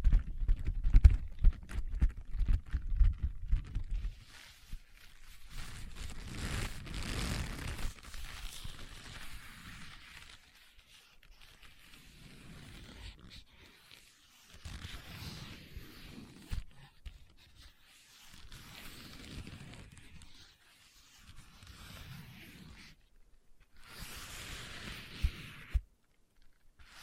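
Leather is tapped and scratched in short, uneven bursts. The first few seconds bring a dense run of soft, low thuds, followed by a louder stretch of rough, hissy scratching around seven seconds. After that, quieter bouts of rubbing and tapping come and go, separated by brief silences.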